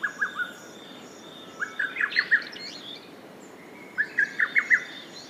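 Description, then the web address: Lesser cuckoo song, short rapid runs of staccato notes given in three bursts, faint background birdsong. "izumino saunndo hototogisu"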